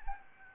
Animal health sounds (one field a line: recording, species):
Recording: mosquito wingbeat signal from an infrared sensor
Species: Anopheles gambiae